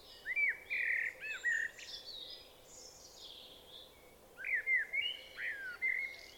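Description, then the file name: Common blackbird singing two rich whistled phrases, each a few slurred fluty notes, with softer high squeaky notes between them over a quiet background. "Turdus merula"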